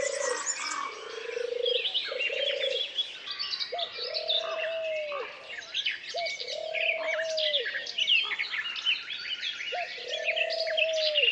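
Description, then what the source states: Birds: dense high-pitched bird chirping throughout, with long level low whistles repeated at intervals. Forest ambience.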